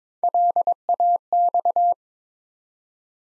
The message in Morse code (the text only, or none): LAX